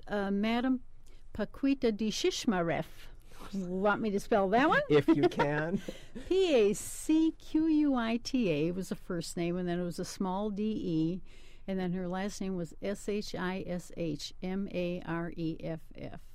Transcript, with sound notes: Madam Pacquita de Shishmareff. Want me to spell that one? [Laughs]
If you can.
P-A-C-Q-U-I-T-A was the first name, and then it was a small D-E, and then her last name was S-H-I-S-H-M-A-R-E-F-F.